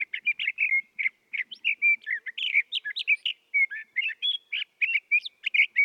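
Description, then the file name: Sage thrasher song: a rapid, unbroken warble of short varied notes, chirps and slurred whistles, running without pause for the whole few seconds. "Sage Thrasher Oreoscoptes montanus"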